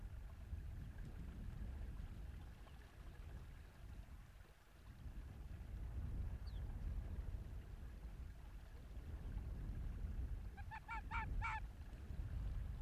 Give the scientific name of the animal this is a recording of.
Vulpes lagopus